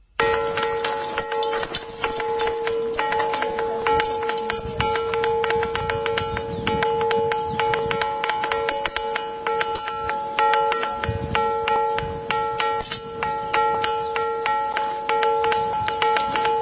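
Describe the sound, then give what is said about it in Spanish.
Phonolite stones, also called bell stones, are struck again and again, giving bright bell-like rings with steady sustained tones, many sharp strikes layered over lingering resonance, continuous and fairly loud throughout, with no talking. “Y esto, aunque parezca mentira, son piedras y suenan así, por eso también le llaman piedras a campana.”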